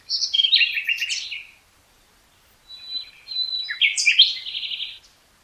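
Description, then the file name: Common nightingale delivering two loud song phrases, each a dense mix of buzzy, rattling notes, the second opening with a thin sustained whistle. "Luscinia megarhynchos"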